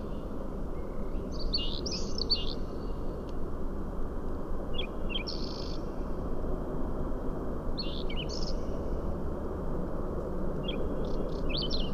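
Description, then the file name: Whinchat singing short, scratchy warbled phrases roughly every three seconds, four phrases in all, over a constant low background hum. "Stiaccino"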